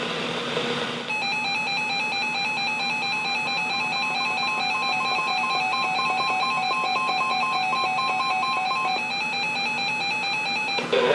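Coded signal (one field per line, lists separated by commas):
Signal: none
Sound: music jingle tones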